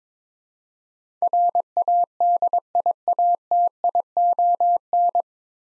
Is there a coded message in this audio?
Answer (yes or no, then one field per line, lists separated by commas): yes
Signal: Morse code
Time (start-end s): 1.2-5.2 s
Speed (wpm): 22 wpm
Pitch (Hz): 700 Hz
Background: none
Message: RADIATION